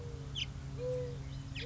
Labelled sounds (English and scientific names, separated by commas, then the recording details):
Mourning Dove (Zenaida macroura)
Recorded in Sonoma County, California